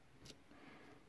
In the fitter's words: got to any sport there we go that was a click on two and we got that one open didn't fill any full sets on that one